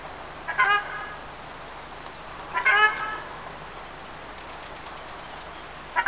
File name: ogar golos